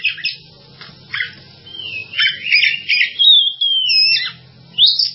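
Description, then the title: Java sparrow song: a few scattered chirps, then a long drawn-out whistle that wavers and slides downward before a final rising note. "kicau gelatik"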